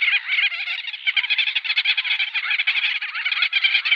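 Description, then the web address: Gull-billed terns calling together in a thick chorus of rapid, overlapping nasal notes that barely pause. "Schulze Peter Gull-billed Tern"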